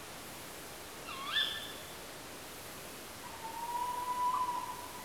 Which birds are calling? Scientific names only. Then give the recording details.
Strix aluco. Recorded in France